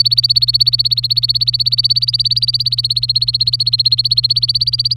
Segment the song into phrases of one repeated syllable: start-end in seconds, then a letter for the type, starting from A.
0.00-4.96 A